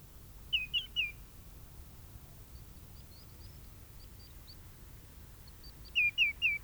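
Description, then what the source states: Bird flight calls: a quick set of three clear, slurred whistled notes, then quiet with faint higher calls, and another triple of whistles near the end, over low rumbling background noise. Migrating at dusk.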